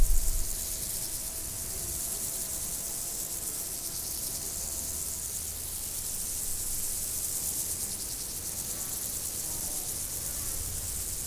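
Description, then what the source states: A continuous shrill insect chorus, dense and even, with a low rumble near the start and a faint tonal hum. Insects recorded in nature, 2014.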